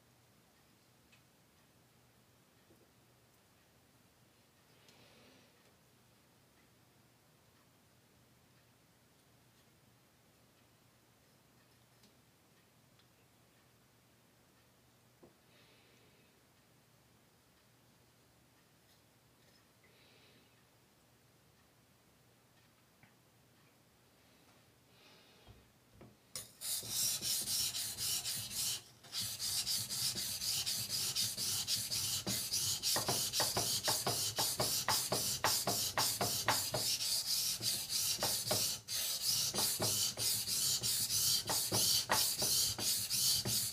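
For the first 25 seconds there is only a faint low hum with a few soft taps. Then a loud, dense, bright rasping begins: a knife being sharpened, grinding steadily to the end with brief breaks around 29 and 39 seconds.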